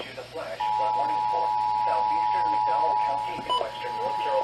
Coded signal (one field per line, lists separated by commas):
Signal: Emergency Alert System (SAME) tones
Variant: 853 and 960 Hz attention tone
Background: speech